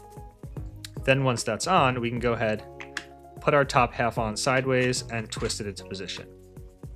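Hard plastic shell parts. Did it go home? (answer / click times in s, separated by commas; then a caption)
no / none. Someone talks over background music while the top half of a 3D-printed plastic Poke Ball is put on sideways onto the center ring and bottom half, then twisted into position, with a few faint handling taps. The top half is being handled but has not locked into place yet; nothing has seated or clicked.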